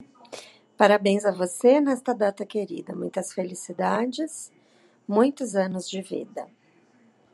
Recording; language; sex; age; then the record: short text; Brazilian Portuguese; female; 50 to 59 years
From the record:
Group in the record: control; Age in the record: 52 years